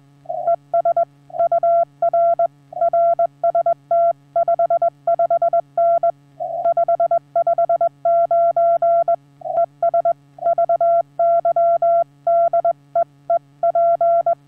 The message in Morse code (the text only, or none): ES UR RST 55N 559 ES VY DE EP